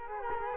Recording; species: mosquito wingbeat signal from an infrared sensor; Culex quinquefasciatus